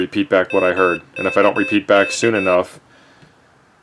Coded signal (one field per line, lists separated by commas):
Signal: Morse code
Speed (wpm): 18 wpm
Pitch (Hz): 2600 Hz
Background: speech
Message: MKK